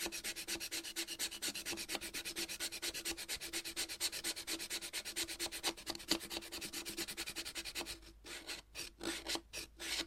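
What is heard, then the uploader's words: Chalk being cut with fast, regular scraping strokes that rasp brightly, then break into a few separate strokes near the end over a faint steady hum. Chalk Cutting. No Talking.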